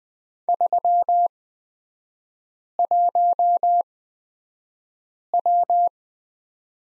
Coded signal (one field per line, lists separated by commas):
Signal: Morse code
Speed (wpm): 20 wpm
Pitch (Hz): 700 Hz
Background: none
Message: 31W